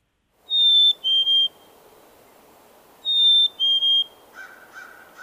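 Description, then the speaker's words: Black-capped Chickadee song, a clear high whistle followed by two slightly lower whistles, given twice about two and a half seconds apart. New York population singing the 'Hey Sweetie' song; song varies regionally because birds learn by listening to their neighbours. "And so, for example, we can listen to the black-capped chickadee from New York."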